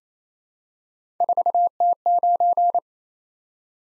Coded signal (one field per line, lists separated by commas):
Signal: Morse code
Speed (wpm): 28 wpm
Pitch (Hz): 700 Hz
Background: none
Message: 4T9